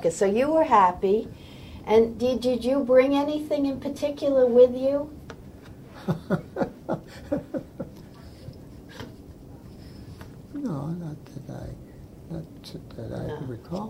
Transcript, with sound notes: So you were happy and did did you bring anything in particular with you?
(laughs) No not that I -- not that I recall.